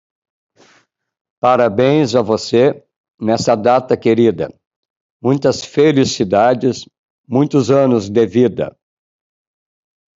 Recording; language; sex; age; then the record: short text; Brazilian Portuguese; male; 50 to 59 years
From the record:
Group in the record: control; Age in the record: 57 years